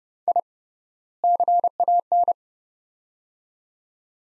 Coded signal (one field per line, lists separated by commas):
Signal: Morse code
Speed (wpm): 30 wpm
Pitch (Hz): 700 Hz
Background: none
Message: I CAN